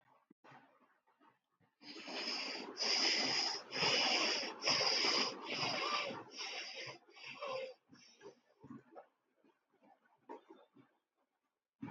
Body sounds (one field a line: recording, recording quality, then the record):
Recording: shallow breathing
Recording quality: excellent, no background noise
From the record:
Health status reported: COVID-19 positive, mild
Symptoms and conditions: cough, cold, breathing difficulty, fever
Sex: male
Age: 23 years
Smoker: not ticked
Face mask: not worn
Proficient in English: yes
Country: India